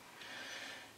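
An LED tape strip end is being handled at its snap-on strip connector, giving a soft, steady broadband rustle that swells briefly in the middle and fades. Nothing has seated or clicked yet.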